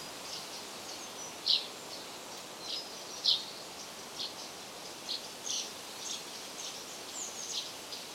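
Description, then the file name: Common chaffinch giving sharp, high calls, a couple loud and several fainter, spaced irregularly over steady background noise. "Fringilla coelebs"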